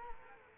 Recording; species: mosquito wingbeat signal from an infrared sensor; Culex quinquefasciatus